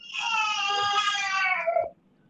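A newborn baby boy cries in a single sustained, tonal wail lasting nearly two seconds, rich in harmonics, with the pitch dropping at the end.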